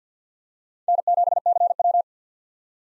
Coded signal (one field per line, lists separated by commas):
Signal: Morse code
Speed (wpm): 50 wpm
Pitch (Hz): 700 Hz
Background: none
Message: N7CW